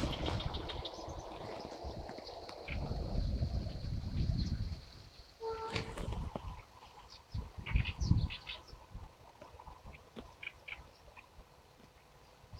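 Birdsong by a river bank, with short bright chirps and whistles scattered through, most frequent after the sixth second. Low rumbling wind or water noise fills the first five seconds heavily, then drops to lighter, intermittent gusts and bumps.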